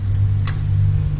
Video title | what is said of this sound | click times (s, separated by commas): Power Bank Hidden Camera with Wifi & Night Vision(H8) - power bank में छुपा हे खुफिया camera @ Rs.4000 | lock हो गया, ये | 0.5 s